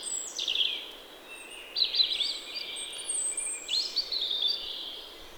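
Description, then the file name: European robin song: three quick bursts of high, twittering, warbled phrases with short pauses between them, steady hiss behind. "Erithacus rubecula"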